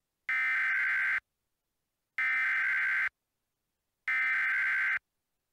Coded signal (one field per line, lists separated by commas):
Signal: Emergency Alert System (SAME) tones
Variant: header bursts